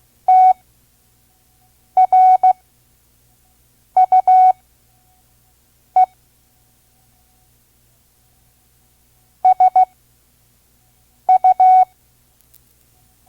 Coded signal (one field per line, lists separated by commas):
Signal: Morse code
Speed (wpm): 16 wpm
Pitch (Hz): 740 Hz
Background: none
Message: TRUE SU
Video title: Morse Code Course. Listen and Learn Part-1 (5 words per minute) Vintage ARRL Course